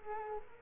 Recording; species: mosquito wingbeat signal from an infrared sensor; Culex quinquefasciatus